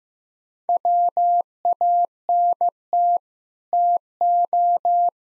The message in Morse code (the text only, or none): WANT TO